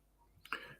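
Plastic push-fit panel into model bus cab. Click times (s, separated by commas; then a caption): 0.5 s. A push-fit plastic panel is pressed fully home into the cab of a Routemaster model bus. A faint tick comes just before a sharp, bright snap at 0.5 s, and the part is seated nicely.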